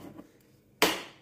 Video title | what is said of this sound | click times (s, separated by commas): how to "CLEAN YOUR GRINDER!" Breville Barista Express/Pro #espresso #cleaning #grinders | Hear that click? It's locked in. | 0.8 s